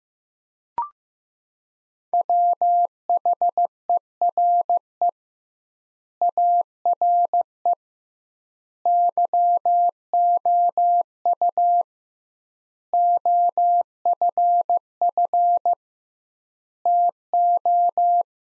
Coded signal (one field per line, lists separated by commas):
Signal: Morse code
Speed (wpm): 15 wpm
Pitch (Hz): 700 Hz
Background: none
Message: WHERE ARE YOU OFF TO